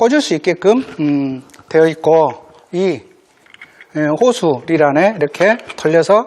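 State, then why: Not seated. A hose reel handle is being fitted into the hose reel of a rechargeable sprayer while someone talks. A few faint handling taps are heard around 3.5–3.8 seconds, but the handle has not seated or clicked into place yet.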